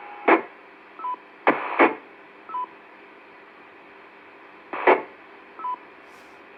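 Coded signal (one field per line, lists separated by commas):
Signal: none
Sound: a repeater's courtesy beep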